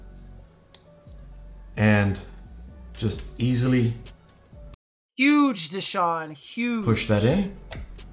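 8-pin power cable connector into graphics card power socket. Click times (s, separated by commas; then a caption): 7.7 s. An 8-pin PCIe power cable connector is pushed into a graphics card's power socket, and its plastic clip latches on with a small click at 7.7 s. Someone talks throughout, and the connector ends up seated.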